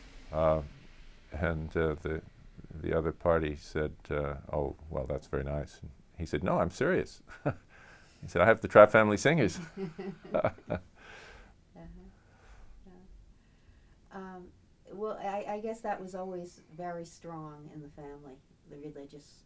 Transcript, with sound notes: And the — the other party said, "Oh, well, that's very nice." He said, "No, I'm serious." [chuckles] He said, "I have the Trapp family singers." [laughter]
Uh-huh. Oh. Well, I — I guess that was always very strong in the family, the religious